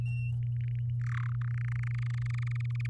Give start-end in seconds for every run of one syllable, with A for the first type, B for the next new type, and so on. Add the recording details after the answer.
1.01-1.30 A, 1.32-2.87 B. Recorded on 8 May 2018 at 06:00. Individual llb16